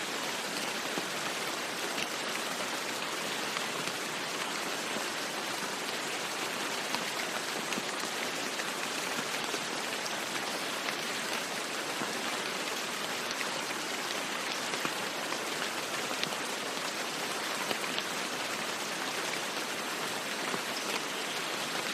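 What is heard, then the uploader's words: Rain falls steadily throughout, a dense, even hiss of countless drops with no pauses or swells. The sound sits mostly in the mid and bright range, with little low rumble, and tiny pattering clicks of individual drops flicker across the constant wash. Serene Rain Sounds.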